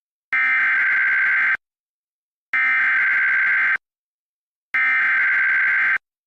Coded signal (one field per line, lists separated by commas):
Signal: Emergency Alert System (SAME) tones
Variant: header bursts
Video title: (EAS #40) | Severe Thunderstorm Watch for British Columbia | 05/18/2023